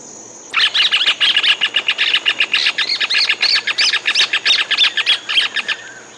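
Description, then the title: Bird song, a rapid run of varied chirps and trills that starts abruptly and runs for about five seconds over a steady high faint tone. "LuckyPassaro Completos2Sama"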